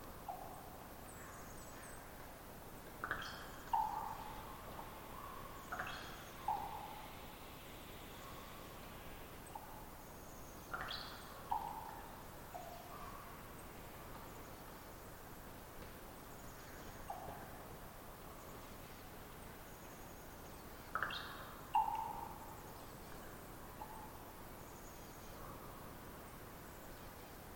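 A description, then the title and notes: A raven calls from a perch overhead at some distance, making sharp, hollow pops with short twittering notes, in clusters around 3–7, 11–12 and 21–22 seconds. Between calls there is a steady, quiet hiss of open outdoor air. This is from a raven that settled somewhere around 50 ft above above me (and some distance away) and proceeded to make this brilliant “twittery-pop”. The recording’s a bit noisy because of distance and the oyster-hatchery across the bay. Raven Twittering-Pop.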